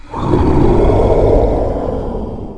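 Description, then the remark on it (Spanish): Several monsters roar terribly: a loud, deep, raspy roar rumbles for about two seconds, holding steady before slowly fading, with no talking over it. “Ellos rugieron sus rugidos terribles.”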